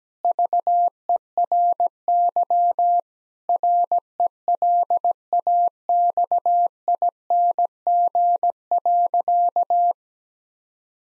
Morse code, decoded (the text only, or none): VERY RELAXING.